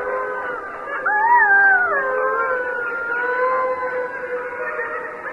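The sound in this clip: Mexican wolf: wolves howling together, several long sliding tones rising and falling and overlapping in a steady chorus throughout.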